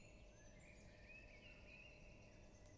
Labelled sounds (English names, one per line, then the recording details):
Common Blackbird
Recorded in Germany
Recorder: ecoPi